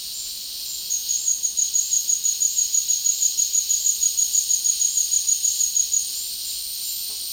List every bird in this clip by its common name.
none